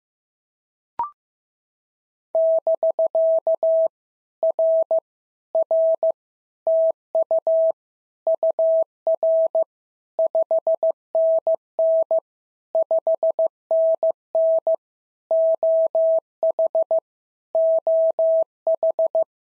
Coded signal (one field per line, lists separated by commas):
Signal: Morse code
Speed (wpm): 15 wpm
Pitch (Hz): 650 Hz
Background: none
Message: <BK> R R TU UR 5NN 5NN OH OH